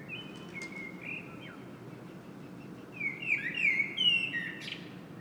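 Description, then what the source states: Common blackbird song: a quiet whistled phrase first, then a louder warbling phrase with high twittering notes; low background hum. Singing in Saint-Gilles, Belgium; recorded with a Sony PCM-M10 internal microphone.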